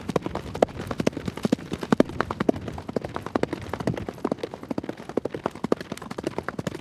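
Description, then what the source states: Horse hooves pounding in a steady gallop, dull rhythmic thuds repeating quickly without a break throughout. Steady gallop on grass.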